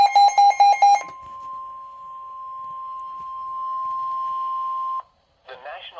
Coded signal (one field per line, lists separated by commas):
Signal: Emergency Alert System (SAME) tones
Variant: 1050 Hz attention tone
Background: speech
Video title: EAS Alerts as of 2/28/24 (EAS #145-149)